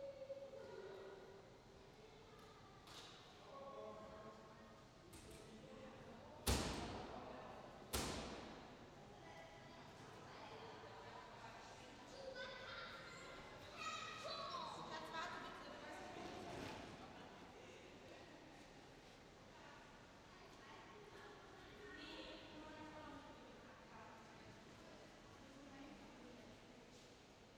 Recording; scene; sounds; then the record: everyday scene through a hearing-aid microphone; reverberant space; background noise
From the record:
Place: railway station hall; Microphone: in the ear canal, left